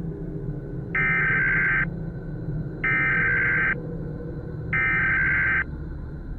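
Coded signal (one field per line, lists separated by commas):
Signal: Emergency Alert System (SAME) tones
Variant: header bursts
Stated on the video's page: Mock EAS broadcast, fictional.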